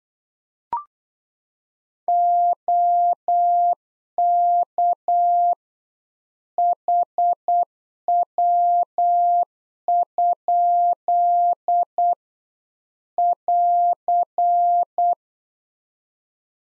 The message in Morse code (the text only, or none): OK HW? <AR>